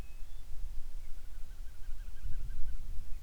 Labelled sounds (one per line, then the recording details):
bird
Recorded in the Prudhoe Bay oil fields, Alaska, on 25 July 2019 at 02:38
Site 11